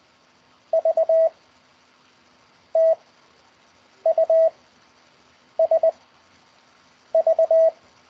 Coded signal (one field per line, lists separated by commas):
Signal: Morse code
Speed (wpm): 20 wpm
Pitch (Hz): 650 Hz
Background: none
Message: V T U S V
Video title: CW Morse Code over Skype Lesson Six (Session One)